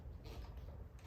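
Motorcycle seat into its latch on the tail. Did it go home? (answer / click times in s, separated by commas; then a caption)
no / none. A seat is handled over its latch on the tail of a Panigale V4R sport motorcycle fitted with new carbon fiber parts, producing low rumbling handling noise and faint creaks, with a brief louder burst at the very end. Nothing has seated or clicked yet.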